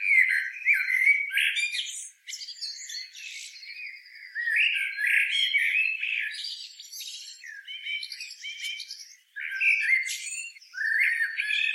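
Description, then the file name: Common blackbird delivering a run of mellow warbling phrases ending in thin, scratchy high notes, repeated with brief gaps. "Turdus merula"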